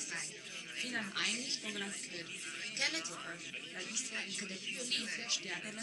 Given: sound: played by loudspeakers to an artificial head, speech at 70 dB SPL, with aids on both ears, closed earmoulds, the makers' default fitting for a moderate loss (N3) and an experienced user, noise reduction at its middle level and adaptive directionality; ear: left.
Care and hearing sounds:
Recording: speech test signal (ISTS) in cocktail-party noise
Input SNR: +3 dB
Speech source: on the right (90 degrees)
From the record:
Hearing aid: class 1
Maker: J

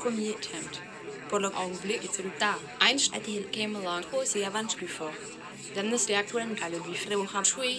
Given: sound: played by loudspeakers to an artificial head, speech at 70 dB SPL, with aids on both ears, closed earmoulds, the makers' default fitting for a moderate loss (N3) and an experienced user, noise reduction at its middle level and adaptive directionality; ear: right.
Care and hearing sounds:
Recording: speech test signal (ISTS) in cocktail-party noise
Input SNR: 0 dB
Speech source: in front (0 degrees)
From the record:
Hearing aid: class 2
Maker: E

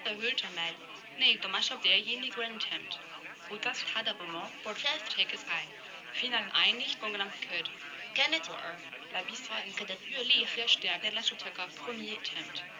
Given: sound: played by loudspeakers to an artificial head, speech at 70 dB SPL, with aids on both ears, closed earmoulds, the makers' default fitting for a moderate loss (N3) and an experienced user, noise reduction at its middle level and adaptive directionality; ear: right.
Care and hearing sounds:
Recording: speech test signal (ISTS) in cocktail-party noise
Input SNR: +6 dB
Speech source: in front (0 degrees)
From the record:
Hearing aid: class 1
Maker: G

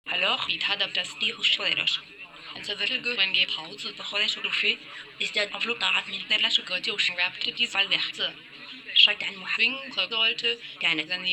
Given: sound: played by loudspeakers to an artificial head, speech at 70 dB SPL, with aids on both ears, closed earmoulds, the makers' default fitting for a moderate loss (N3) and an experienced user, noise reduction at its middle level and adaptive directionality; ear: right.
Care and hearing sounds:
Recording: speech test signal (ISTS) in cocktail-party noise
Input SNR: +9 dB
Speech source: on the right (90 degrees)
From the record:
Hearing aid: class 1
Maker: C

